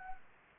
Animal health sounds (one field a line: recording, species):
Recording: mosquito wingbeat signal from an infrared sensor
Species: Anopheles arabiensis